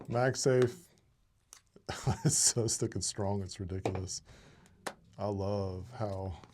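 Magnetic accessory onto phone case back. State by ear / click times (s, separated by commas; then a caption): not seated / none. A MagSafe-style magnetic accessory is handled near the back of a Samsung Galaxy S25 Ultra phone case while someone talks, with a few faint, brief taps in a pause between about 1.0 and 1.8 seconds. Nothing has seated or snapped home yet.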